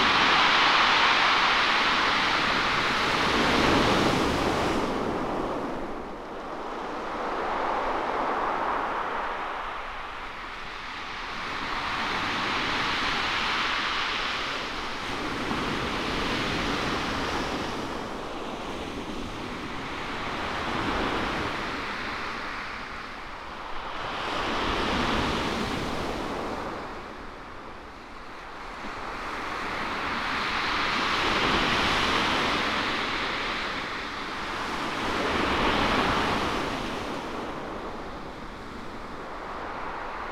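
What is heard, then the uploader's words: A steady onshore breeze blows across a beach, with surf rolling in as repeated swells about every five seconds, peaking near 4, 15, 25, 31 and 36 seconds. The sound is dense and hissing, with wind buffeting the microphone in low gusts throughout. Onshore breeze on Chesil beach. On Chesil Beach by Portland last April. Placing the Lento sound camera pointing directly out to sea, about fifteen yards from the breaking waves. The deep visceral and spatial sound of the receding waves as they haul back huge quantities of the smooth, very heavy kind of shingle.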